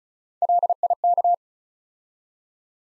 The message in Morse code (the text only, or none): LIK